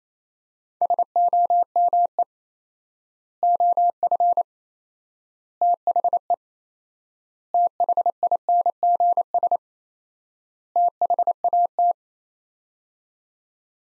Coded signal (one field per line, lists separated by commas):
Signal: Morse code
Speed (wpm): 28 wpm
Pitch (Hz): 700 Hz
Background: none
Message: SOME OF THE THINGS THAT